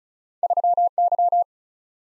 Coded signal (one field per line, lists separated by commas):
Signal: Morse code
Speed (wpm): 36 wpm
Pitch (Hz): 700 Hz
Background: none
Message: 3Y